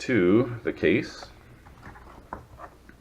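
Someone talks while a Samsung Galaxy Book 64GB tablet is handled at the connector edge to attach it to its keyboard/stand cover, with a brief sharp handling tap near 2.3 s. Nothing has seated or clicked yet; the tablet is not yet home in the cover.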